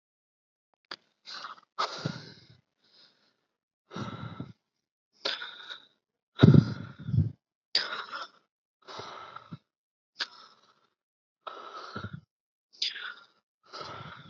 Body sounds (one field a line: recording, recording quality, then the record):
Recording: shallow breathing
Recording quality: excellent, no background noise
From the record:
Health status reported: healthy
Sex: male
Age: 26 years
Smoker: yes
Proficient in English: yes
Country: India